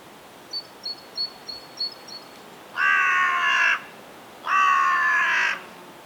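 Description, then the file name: Carrion crow giving two long, hoarse caws, preceded by a soft run of high, thin chirps. "Corvus corone"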